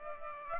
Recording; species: mosquito wingbeat signal from an infrared sensor; Aedes aegypti